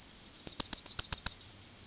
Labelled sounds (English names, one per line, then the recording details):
Yellowhammer song
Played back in forest
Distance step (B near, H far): B
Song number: 163